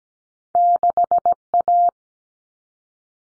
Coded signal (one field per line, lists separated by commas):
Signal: Morse code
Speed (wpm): 17 wpm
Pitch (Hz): 700 Hz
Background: none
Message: 6A